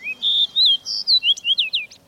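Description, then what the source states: Fox sparrow song, a run of clear, sweet whistled notes, some slurred up and down, ending in quick bright descending chimes over about two seconds. Chimes in after a Lincoln's sparrow on an October morning; nested last summer at higher latitudes or in mountains, spends September to May at lower latitudes or elevations.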